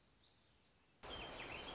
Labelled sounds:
Black-throated Gray Warbler
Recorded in Sonoma County, California

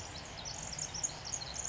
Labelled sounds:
Pacific Wren
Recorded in Sonoma County, California

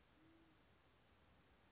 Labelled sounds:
Band-tailed Pigeon
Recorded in Sonoma County, California

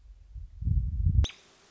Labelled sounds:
American Robin
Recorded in Sonoma County, California

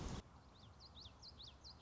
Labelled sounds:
Common Yellowthroat
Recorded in Sonoma County, California

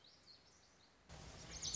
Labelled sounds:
Lazuli Bunting
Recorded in Sonoma County, California

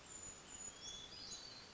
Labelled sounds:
Brown Creeper
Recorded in Sonoma County, California

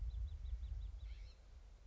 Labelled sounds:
Bewick's Wren
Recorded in Sonoma County, California

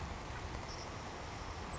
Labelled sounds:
Savannah Sparrow
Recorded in Sonoma County, California

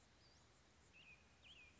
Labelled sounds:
Western Flycatcher
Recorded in Sonoma County, California

